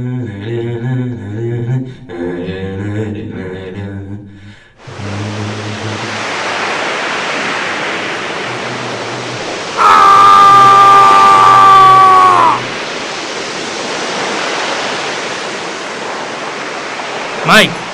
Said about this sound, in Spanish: se oye un fuerte movimiento en el agua.